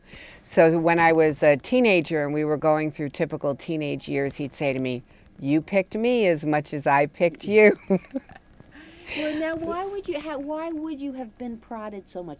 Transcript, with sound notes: So that when I was a teenager and we were going through typical teenage years he'd say to me, "You picked me as much as I picked you." [laughs]
Well, now, why would you — why would you have been prodded so much?